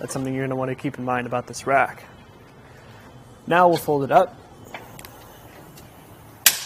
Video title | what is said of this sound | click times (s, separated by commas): etrailer - Does the RockyMounts GuideRail Bike Rack for 2 Bikes Suit Your 2021 Ford F-150 | you hear it click into place again and we'll get a couple more measurements | 6.5 s